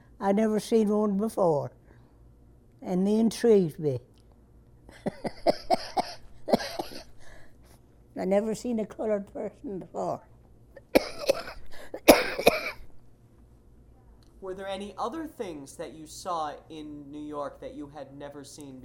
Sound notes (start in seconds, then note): 4.9 laughs; 10.8 coughs